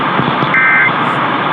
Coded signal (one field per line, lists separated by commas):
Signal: Emergency Alert System (SAME) tones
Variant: end-of-message bursts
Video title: Tennessee RMT on WSM (6/9/21)(EAS 732)